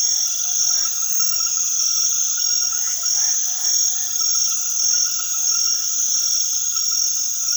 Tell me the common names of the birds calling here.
none